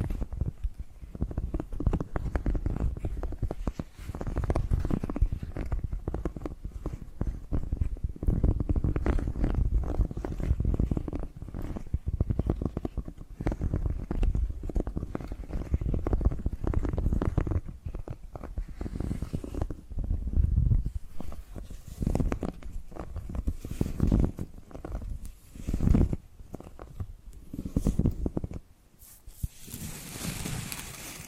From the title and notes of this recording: ASMR Hypnotic Tapping and Scratching Sounds (No Talking).